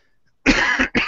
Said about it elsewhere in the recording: I'm still struggling. As you can hear, my voice here is quite croaky, and I keep coughing from time to time.